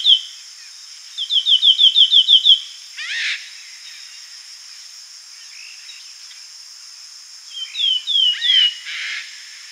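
Slaty flycatcher singing a fast series of about eight clear, descending whistled notes, a brief rough buzz, then a shorter burst of similar notes; constant high buzzing drone behind.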